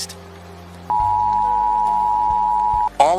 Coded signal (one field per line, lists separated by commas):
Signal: Emergency Alert System (SAME) tones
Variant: 853 and 960 Hz attention tone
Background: speech, music